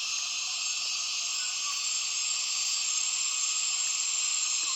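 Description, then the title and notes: Many cicadas make a steady, sizzling high buzz that holds level throughout, with a few soft chirps below. Many cicadas calling as afternoon light fades at dusk, Tawau Hills National Park, Borneo rainforest; recorded with Zoom F6 and Lom MikroUsi Pro microphones. "Intense Dusk Chorus In The Borneo Rainforest. A myriad cicadas start calling as soon as the afternoon light begins to fade in Tawau Hills NP, Borneo"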